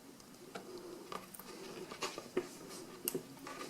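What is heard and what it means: A spring bar on a cut-down rubber/leather strap is fitted into the lug of a Huawei smartwatch, with soft scraping and small ticks as it is worked into place. One end of the spring bar snaps into its lug hole with a sharp click at 3.1 s, so only that end is seated.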